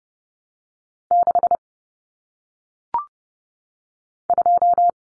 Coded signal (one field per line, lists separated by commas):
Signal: Morse code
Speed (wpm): 30 wpm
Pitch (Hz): 700 Hz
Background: none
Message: 6 2